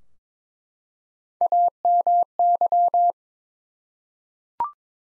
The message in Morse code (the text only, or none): AMY